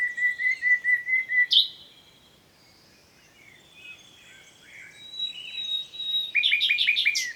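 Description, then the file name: Common nightingale song: a string of repeated piping notes, a sharp note, a pause, then soft notes building into a quick repeated series. "Luscinia megarhynchos"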